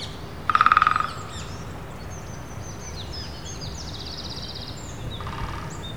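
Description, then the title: Woodpecker rapid pulsed burst lasting about half a second, a fainter burst near the end, and thin high chirps and twitters of other birds over low background noise. At least two unseen woodpeckers heard in trees in Wandle Park, London, UK, on 3 April. "Woodpeckers in Wandle Park, London, UK on 3rd April – by Andrew Strangeway"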